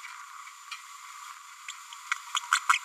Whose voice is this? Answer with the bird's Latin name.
Forpus passerinus